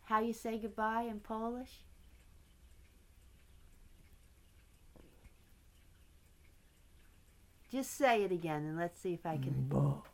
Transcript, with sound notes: How do you say good-bye in Polish? [pause] Just say it again and let's see if I can—
Do.